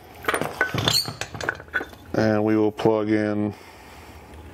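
A technician handles the combination sensor's plastic connector at a diesel heater's ECU while someone talks, with a series of short, sharp ticks between 0.3 and 1.8 s. A loud, steady buzzing tone with strong harmonics follows from about 2.1 to 3.5 s, then low background noise. The connector is handled but has not seated or clicked yet.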